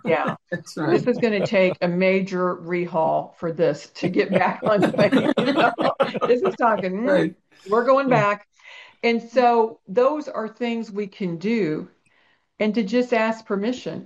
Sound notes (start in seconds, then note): 0.0 laughs; 4.0 laughs